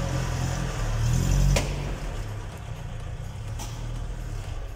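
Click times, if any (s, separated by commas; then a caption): 1.6 s. With the UMZ 4216 engine running, a GAZelle Business 3302 light van is eased slightly forward or back so load comes onto its reinstalled leaf spring, with a steady low engine rumble throughout. At 1.6 s a short, sharp click is heard as the leaf spring drops into its axle/frame seat. The spring is then seated in place.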